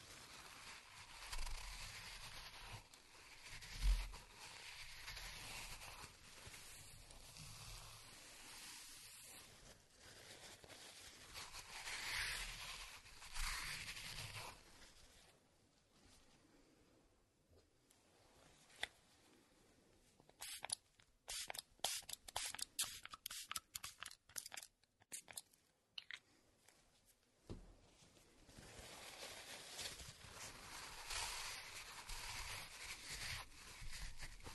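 Walnuts are ground by hand, making a dense, gritty crunching and rasping that runs through most of the clip. Around the middle it thins, then breaks into quick, sharp cracks and snaps from about 20 to 27 seconds before the steady grinding returns.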